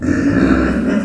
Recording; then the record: squeal of a Yucatan mini pig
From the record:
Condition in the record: after surgery on the right vocal fold (resection and tissue-engineered implant); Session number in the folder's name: 7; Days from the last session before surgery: 47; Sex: female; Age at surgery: 19 weeks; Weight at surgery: 25 kg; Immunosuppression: prednisolone